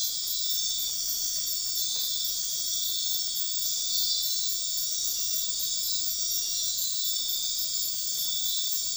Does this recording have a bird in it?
no